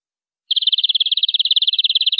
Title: BM Suara Kenari